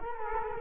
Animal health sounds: mosquito wingbeat signal from an infrared sensor; Culex quinquefasciatus

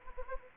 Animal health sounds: mosquito wingbeat signal from an infrared sensor; Anopheles gambiae

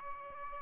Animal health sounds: mosquito wingbeat signal from an infrared sensor; Aedes albopictus

